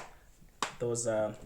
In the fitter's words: So you simply align it and press downwards. You're gonna hear those snaps.